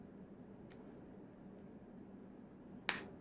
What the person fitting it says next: You heard it snap into place.